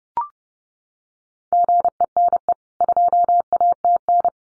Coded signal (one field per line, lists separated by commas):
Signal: Morse code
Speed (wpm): 30 wpm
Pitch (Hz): 700 Hz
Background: none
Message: GENE 2ATN